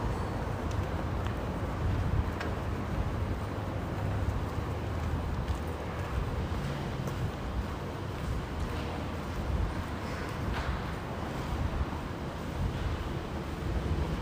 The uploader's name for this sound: Al Nadha to Al Ghurair center walking,Bus ride,Metro ride experience